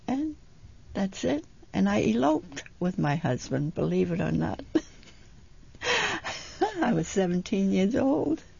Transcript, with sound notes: And that's it. And I eloped with my husband, believe it or not. ( she laughs ) And I was seventeen years old.